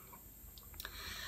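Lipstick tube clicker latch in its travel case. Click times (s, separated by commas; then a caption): 0.8 s, 0.9 s. A small plastic lipstick travel case's clicker on its end is pressed to release the lipstick tube. Two quick, sharp clicks sound at 0.8 s and 0.9 s, and the latch releases so the tube can be pulled out.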